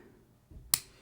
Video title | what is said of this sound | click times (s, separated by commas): This Knife Punches Above Its Weight Class. - Chris Reeve Small Inkosi Disassembly And Maintenance | Well, that time it just snapped into place. | 0.7 s